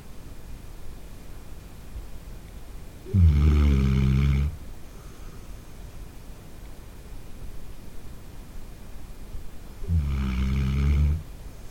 Snoring in the middle of the night.